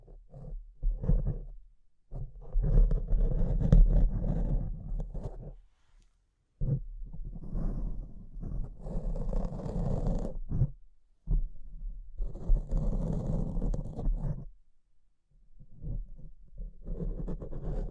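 Microphone scratching comes in rough, rubbing bursts of a few seconds each, separated by short silences near 2, 6, 11 and 15 seconds. The scraping is mostly low and grainy, with occasional brighter hissy streaks, and a steady low hum sits underneath throughout.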